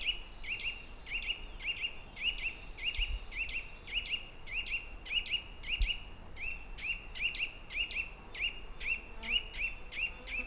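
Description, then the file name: Eurasian nuthatch repeating loud, piping double notes in a continuous, slightly uneven series, with a couple of soft low knocks in the background. "Sitta europaea"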